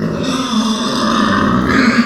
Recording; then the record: squeal of a Yucatan mini pig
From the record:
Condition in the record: after surgery on the right vocal fold (resection and tissue-engineered implant); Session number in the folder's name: 14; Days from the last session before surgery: 133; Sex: female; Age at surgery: 19 weeks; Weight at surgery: 25 kg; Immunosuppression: prednisolone